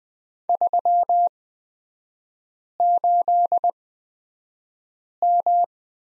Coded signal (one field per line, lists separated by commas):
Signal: Morse code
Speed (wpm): 20 wpm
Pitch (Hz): 700 Hz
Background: none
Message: 38M